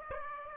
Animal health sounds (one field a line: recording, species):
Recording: mosquito wingbeat signal from an infrared sensor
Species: Aedes aegypti